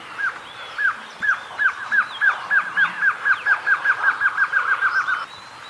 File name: Canto do choca dagua